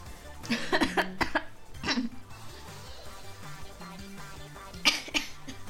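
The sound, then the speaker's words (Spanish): A person fakes a cough: a cluster of short, forced coughs near the start, another brief one shortly after, then a final staged cough burst, all over a low, steady background. “Finge tener tos.”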